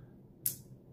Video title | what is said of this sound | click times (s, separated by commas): Kancept Knives Shard Review and Comparison | and it snaps into place absolutely love that now you can see here | 0.5 s